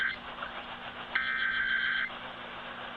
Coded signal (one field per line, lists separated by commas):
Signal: Emergency Alert System (SAME) tones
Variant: header bursts